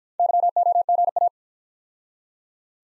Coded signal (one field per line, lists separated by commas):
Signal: Morse code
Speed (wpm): 50 wpm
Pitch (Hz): 700 Hz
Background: none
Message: YOGA